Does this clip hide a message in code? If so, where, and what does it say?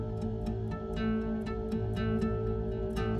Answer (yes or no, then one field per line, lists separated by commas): no